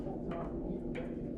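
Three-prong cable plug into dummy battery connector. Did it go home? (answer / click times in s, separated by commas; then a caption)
yes / 1.0 s. A three-prong plug on the cable of a Lanparte E8 portable battery is pushed into the matching three-prong connector on an LP-E8 dummy battery adapter for a Canon DSLR. Over a steady low background hum, a brief scrape comes at 0.3 s, then a sharp click at 1.0 s as the plug snaps in and is seated.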